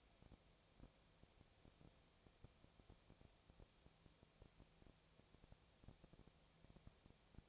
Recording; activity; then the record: daily activity, microphone in the room; no activity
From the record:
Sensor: 1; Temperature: 19.8 degrees Celsius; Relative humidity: 37.9%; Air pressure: 998.8 hPa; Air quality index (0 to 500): 233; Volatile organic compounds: 134 ppm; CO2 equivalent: 3949 ppm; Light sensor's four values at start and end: 1/2/1/1 and 1/2/1/1